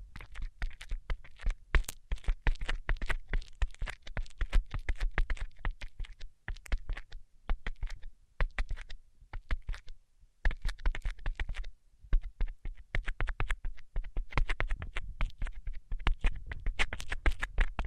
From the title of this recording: Tapping Tingle Immunity Treatment (No Talking)